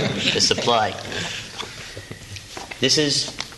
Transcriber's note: laughter